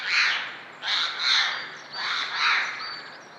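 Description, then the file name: Eurasian jay calling with several loud, hoarse, grating screeches in close succession. "Garrulus glandarius"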